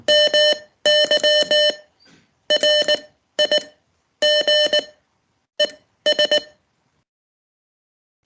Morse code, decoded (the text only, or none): MY RIG ES